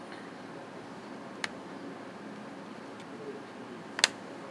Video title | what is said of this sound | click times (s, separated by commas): How-to Repair a Non-Charging Amazon Kindle | you hear the clicks as uh they come apart. | 1.4 s, 4.0 s